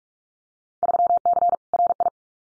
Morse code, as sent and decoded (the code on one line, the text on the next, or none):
...-- -.-. / .-. ..
3C RI